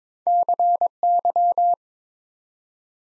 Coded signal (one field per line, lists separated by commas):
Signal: Morse code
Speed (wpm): 22 wpm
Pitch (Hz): 700 Hz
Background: none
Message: CY